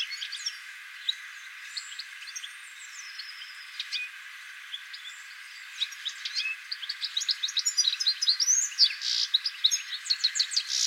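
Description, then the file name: European goldfinch twittering song, a rapid run of tinkling high notes and buzzy trills that grows louder and denser toward the end, over faint steady background hiss. "Carduelis carduelis"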